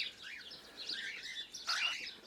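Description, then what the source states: Cockatiel giving soft, wavering chirps, ending in a louder harsh burst of calls near the close. Pearl colour variety cockatiel.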